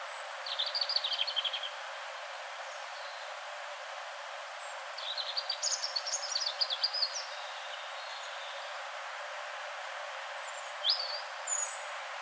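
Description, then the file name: European robin giving short, thin, high warbled phrases near the start and again midway, then two brief sharp notes near the end, over a steady soft hiss. "Erithacus rubecula"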